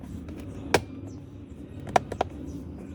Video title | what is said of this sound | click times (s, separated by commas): How to replace shift lever assembly in Kia Sportage | Check that the three clips at the bottom are lined up with their slots, then press the tray down evenly until all the clips engage. | 0.7 s, 2.0 s